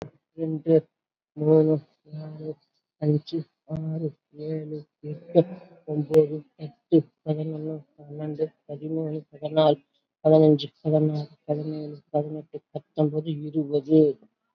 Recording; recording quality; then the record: counting at a normal pace; excellent, no background noise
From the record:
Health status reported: COVID-19 positive, mild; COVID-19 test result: positive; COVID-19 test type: RT-PCR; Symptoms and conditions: cough, cold, breathing difficulty, fever, fatigue, hypertension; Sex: female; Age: 68 years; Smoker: no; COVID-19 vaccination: one dose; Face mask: not worn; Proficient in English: no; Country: India